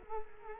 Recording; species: mosquito wingbeat signal from an infrared sensor; Culex quinquefasciatus